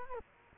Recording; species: mosquito wingbeat signal from an infrared sensor; Culex quinquefasciatus